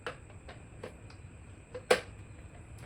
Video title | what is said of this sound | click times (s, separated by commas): KENT ELECTRIC BEATER REVIEW TAMIL - PANCAKE MAKING VIDEO 🥮 - Pan Cake எப்படி செய்வது ? | Same அதே மாதிரி இன்னொன்னு இதை எடுத்து நமக்கு உள்ள போனஉடனே ஒரே ஒரு பிரஸ் பண்ணனும்னா லாக் ஆயிடும். | 1.9 s